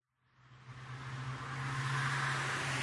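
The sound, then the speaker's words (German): A passing car carrying an announcement drives up, its engine and tire rush swelling from quiet to steady and loud over a few seconds, with a constant low droning hum underneath and no voices. “Von einem vorbeifahrenden Wagen hören Sie folgende Durchsage.”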